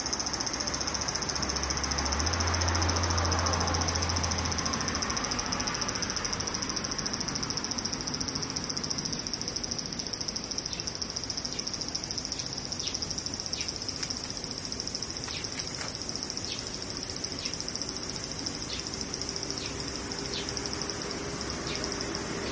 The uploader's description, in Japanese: セミ